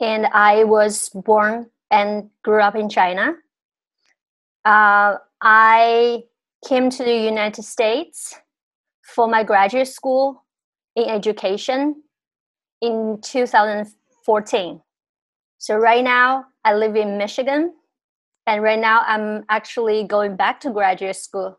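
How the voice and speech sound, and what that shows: An adult woman who stutters, born and raised in China, speaks in short phrases with long pauses: a stretched "uh" and a tense, drawn-out "I" after a silent block, plus lengthened words elsewhere. Her speech is otherwise mostly fluent. This fits mild developmental stuttering with blocks and prolongations, which began at about age 5–6 and worsened after bullying in eighth grade.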